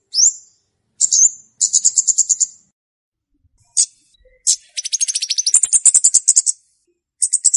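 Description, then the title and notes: Flowerpecker song: high, thin upslurred notes followed by fast trilled ticking phrases, with short silences between the bursts. Lure song (pikat) used to attract flowerpeckers. "Kicau Pancing Burung Kemade ( Cabe Cabean). Suara Burung Cabe Cabean Pikat"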